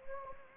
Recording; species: mosquito wingbeat signal from an infrared sensor; Anopheles gambiae